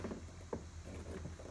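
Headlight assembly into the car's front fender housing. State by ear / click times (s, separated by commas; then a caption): not seated / none. A headlight assembly is handled at the car's front fender housing on a Porsche Boxster 986 during an HID lighting install, heard as soft scraping and patter over a steady low hum, with a brief dull knock near 0.5 seconds. Nothing has seated or clicked yet.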